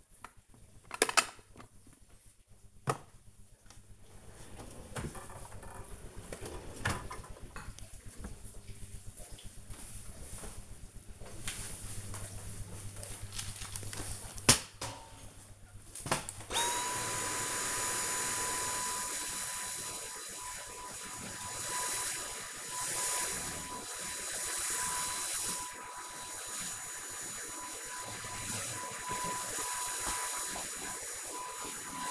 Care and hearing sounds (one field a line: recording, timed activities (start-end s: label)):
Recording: household activities, microphone on the right wrist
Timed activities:
0.00-7.30 s: putting away the dishes
14.34-32.11 s: vacuum cleaning